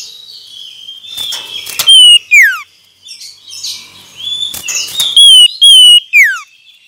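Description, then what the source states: Common iora song: loud clear whistled notes, some long and level and others sliding steeply down, amid other busy chirping sounds. Male.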